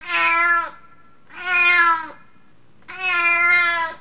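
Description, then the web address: Cat meowing three times, each drawn-out and rich, spaced about every one and a half seconds. "Computer Collection Canon Notejet III backup PCAUDIO AUDCLIPS SOUND CAT"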